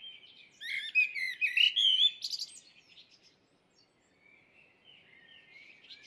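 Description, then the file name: Common blackbird song, a rich burst of mixed warbled and squeaky high notes, then fading soft phrases after a short pause. "Merel"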